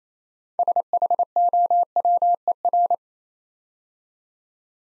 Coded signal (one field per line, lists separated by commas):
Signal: Morse code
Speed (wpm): 27 wpm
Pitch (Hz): 700 Hz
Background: none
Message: SHOWER